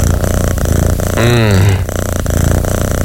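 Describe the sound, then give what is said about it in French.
A low, steady rumbling purr runs throughout, with a brief tonal voice-like sound rising and falling in the middle before the rumble continues alone. “Un petit ronron.”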